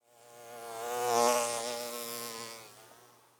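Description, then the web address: Bee buzzing as it flies past, a droning hum that swells to a peak and then fades away. Bee flying by, wings buzzing. "Animal, Bee, Fly, By, Wings, Buzz, Insect, Bug"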